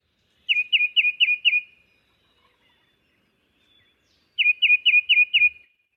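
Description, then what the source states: Tufted Titmouse giving two bursts of five quick whistled notes, separated by a few seconds of silence. A song variant heard in spring.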